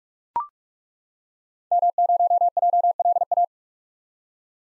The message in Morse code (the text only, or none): M0JLA